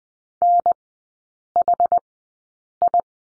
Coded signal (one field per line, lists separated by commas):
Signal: Morse code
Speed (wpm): 20 wpm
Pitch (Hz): 700 Hz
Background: none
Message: NHI